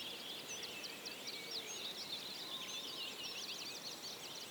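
Common whitethroat delivering a continuous, scratchy, high-pitched chattering warble against a faint background hiss.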